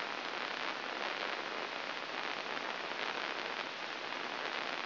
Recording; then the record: brain microelectrode recording played as sound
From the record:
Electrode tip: inside the subthalamic nucleus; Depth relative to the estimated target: -1.5 mm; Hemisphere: left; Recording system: AlphaMap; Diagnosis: Parkinson's disease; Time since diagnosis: 8 years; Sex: male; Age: 59 years